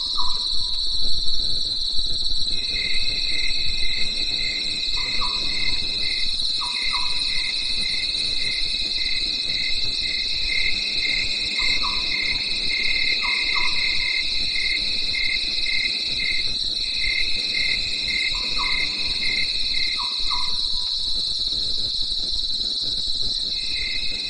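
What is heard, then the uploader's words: A dense, steady night chorus of crickets shrills high and bright throughout, with repeated short chirping calls returning every few seconds over a low rumble. At night, the cricket cricket and nightingale choir in the mountains.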